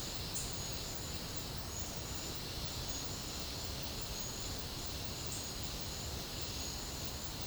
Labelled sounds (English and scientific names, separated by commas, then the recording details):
none
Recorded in pastures near Puerto Asís, Putumayo, Colombia, on 29 June 2025 at 11:00
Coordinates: 0.496, -76.326
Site GP01